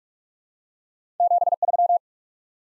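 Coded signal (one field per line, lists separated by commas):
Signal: Morse code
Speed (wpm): 46 wpm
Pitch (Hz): 700 Hz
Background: none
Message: 73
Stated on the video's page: Top 20 QSO elements head-copy drill at 45 wpm: each sent in Morse, spoken, then sent again.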